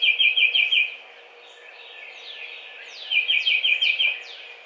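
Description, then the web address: Tufted titmouse gives two short bursts of rapid whistled peter notes, with thin descending notes around them. Recorded on 7 April 2009. "Tufted Titmouse 2009 04 07"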